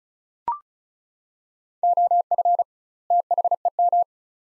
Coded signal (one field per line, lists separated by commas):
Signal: Morse code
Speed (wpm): 36 wpm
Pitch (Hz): 700 Hz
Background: none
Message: OF THEM